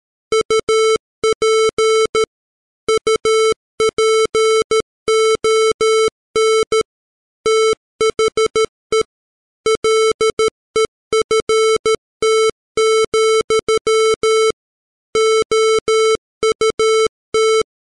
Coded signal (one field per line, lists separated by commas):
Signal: Morse code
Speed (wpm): 13 wpm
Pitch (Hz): 440 Hz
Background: music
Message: UP UPON THE LEFT, OUT